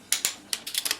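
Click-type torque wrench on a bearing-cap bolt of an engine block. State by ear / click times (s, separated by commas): torque reached / 0.1 s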